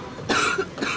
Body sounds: coughing mixed with background sound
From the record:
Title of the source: 64 coughing, allergies, singing lungs

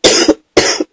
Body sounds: coughing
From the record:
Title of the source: 55 gaggy wet cough

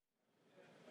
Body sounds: background sound without coughing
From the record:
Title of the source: Office Sounds Ambience - Background Noise for Study and Work

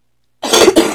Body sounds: coughing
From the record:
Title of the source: 61 morning phlegmy cough...again

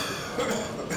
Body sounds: coughing mixed with background sound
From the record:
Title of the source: Wet Throat Infection Cough

